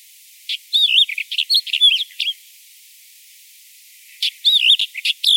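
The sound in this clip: Bird giving two bursts of high twittering, with looping whistled notes and quick chirps, a silent gap of nearly two seconds between them.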